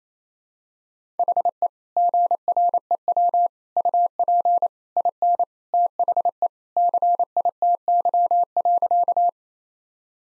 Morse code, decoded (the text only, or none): HE GREW UP IN THE CITY.